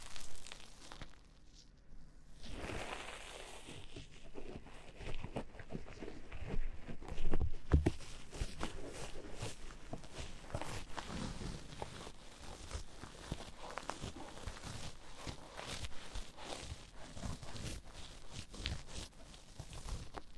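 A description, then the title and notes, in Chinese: Rubbing and handling sounds from different gloves, a dense run of soft scratchy brushes and crinkles that continues almost without pause for the whole twenty seconds. Quieter for the first couple of seconds, then busier, with a sharper knock just before the eight-second mark. 多種手套的摩擦觸發音。Glove trigger for relaxing。NO Talking。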